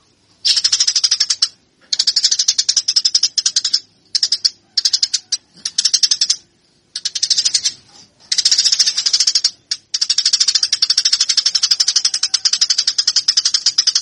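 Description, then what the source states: Eurasian tree sparrow song: rapid chattering chirps in many short bursts, ending in a long unbroken run. Local name burung gereja; song style described as tarung, meaning fighting.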